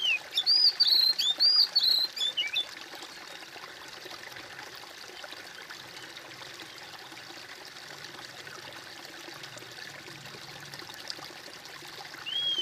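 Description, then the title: Bird giving a burst of clear whistled, arching notes during the first few seconds, then mostly steady hiss with one brief note at the end. "kOMPILASI suara bird"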